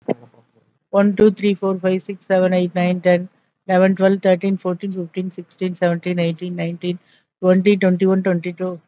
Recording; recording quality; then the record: counting at a fast pace; excellent, no background noise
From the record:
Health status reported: COVID-19 positive, mild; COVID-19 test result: positive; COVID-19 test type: RT-PCR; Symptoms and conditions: hypertension, diabetes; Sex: female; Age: 57 years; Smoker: no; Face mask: not worn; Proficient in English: no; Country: India